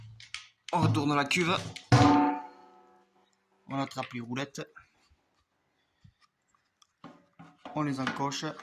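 Someone talks while plastic caster wheels are picked up and positioned on the upturned stainless steel 30 L tank of a Vacmaster 1500 W wet/dry vacuum. Faint handling knocks and light clicks come between the talking. No wheel has clipped into the tank base yet.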